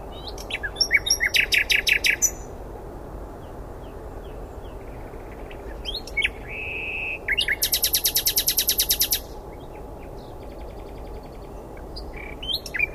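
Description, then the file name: Common nightingale singing varied phrases: a fast repeated rattle, a pause, a brief pure note, then a long dense buzzing trill, with softer notes trailing off afterward. "Luscinia megarhynchos"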